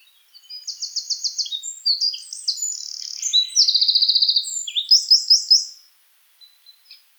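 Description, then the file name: Eurasian wren singing an energetic high-pitched burst of rapid trills, metallic rattles and chattering notes lasting about five seconds, then a few soft chips after it ends. "Troglodytes troglodytes"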